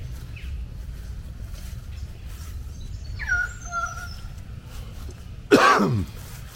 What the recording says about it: A bit of a cough still, as you can hear.